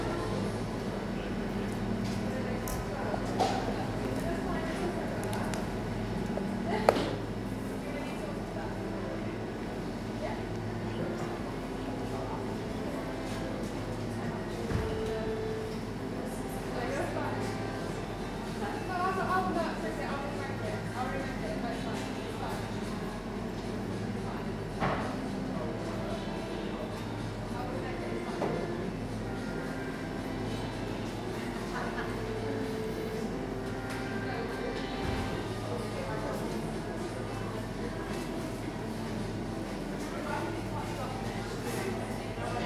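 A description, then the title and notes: A coffee shop in the evening, filled with a steady murmur of overlapping voices over a constant low hum. Sharp clinks and knocks break through now and then, one louder at about seven seconds, others near fifteen, twenty-five and thirty-five. Coffee shop.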